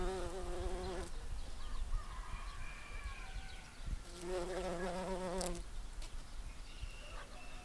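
Bumblebee giving a low droning buzz with a slightly wavering pitch, heard briefly at the start and again midway, over background noise.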